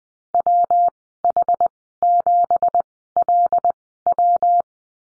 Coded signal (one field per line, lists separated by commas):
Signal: Morse code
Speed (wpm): 20 wpm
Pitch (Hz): 700 Hz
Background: none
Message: WH7LW